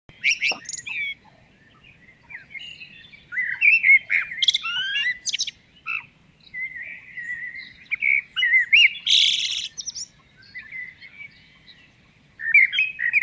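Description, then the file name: Common blackbird song: varied fluted phrases, some ending in harsh high twittering, spaced by brief silent gaps, faint low background rumble. "Turdus merula"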